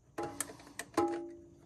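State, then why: Not seated. The plastic cap on top of a Kohler silent toilet fill valve is handled and pushed down toward the small grooves on the valve body. Short ringing, tonal knocks sound around 0.2, 0.4, 0.8 and 1.0 s, with the last and loudest one fading out slowly. Nothing has seated or clicked yet.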